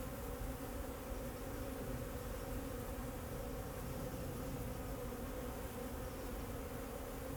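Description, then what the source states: Bees drone continuously, an even buzzing hum of overlapping tones over a low background rumble. Bees flying around the recordist in Jacques Brelpark, Kersbeeklaan, Vorst, Belgium; train in the background; recorded binaurally with a Sennheiser Ambeo binaural headset.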